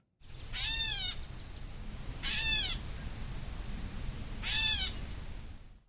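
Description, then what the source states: Gray catbird giving three nasal, cat-like mews, each about half a second long, spaced a couple of seconds apart. Long-distance migrant arriving in Wisconsin in late April from as far as Central America; its mewing call described as very distinctive.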